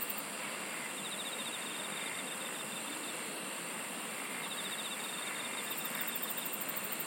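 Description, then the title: Insects trilling: rapid pulsed trains at high and very high pitch that come and go over a steady, dense background hiss. "SINGING OF INSECTS"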